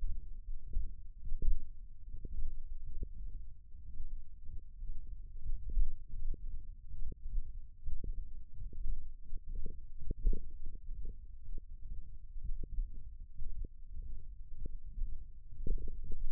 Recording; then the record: forearm muscle sounds (acoustic myography)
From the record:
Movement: hand closing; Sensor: system 1, eight BSWA MPA416 microphones around the upper forearm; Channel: 6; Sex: male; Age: 23 years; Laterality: right